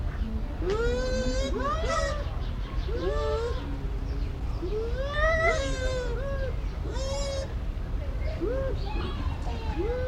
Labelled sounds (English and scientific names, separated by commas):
Bush Dog (Speothos venaticus)